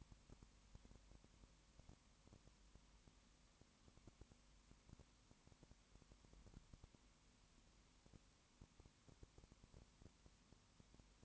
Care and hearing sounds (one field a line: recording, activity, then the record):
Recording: daily activity, microphone in the room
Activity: no activity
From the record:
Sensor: 1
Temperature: 19.7 degrees Celsius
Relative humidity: 40.5%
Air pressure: 1010.6 hPa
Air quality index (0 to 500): 208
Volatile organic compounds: 55 ppm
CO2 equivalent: 3361 ppm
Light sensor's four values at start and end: 1/2/1/1 and 1/2/1/1